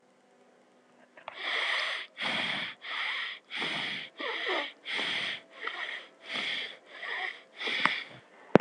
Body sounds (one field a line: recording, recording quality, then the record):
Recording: shallow breathing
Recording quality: excellent, no background noise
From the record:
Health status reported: healthy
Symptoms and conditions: none ticked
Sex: male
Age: 31 years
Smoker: not ticked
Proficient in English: yes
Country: India